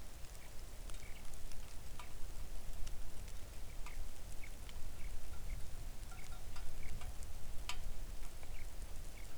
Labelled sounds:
songbird, rain

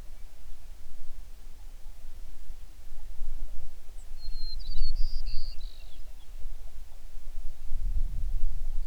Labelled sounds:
songbird

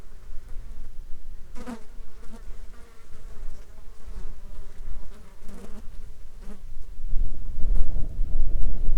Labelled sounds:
insects

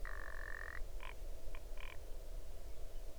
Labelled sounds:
grouse or ptarmigan

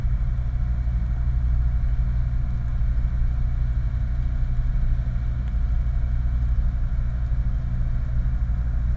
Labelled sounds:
truck, machinery, flare stack

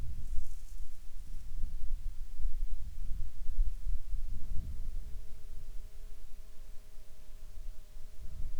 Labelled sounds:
wind, insects

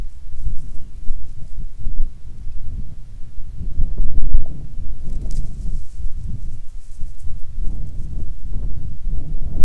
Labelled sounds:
wind

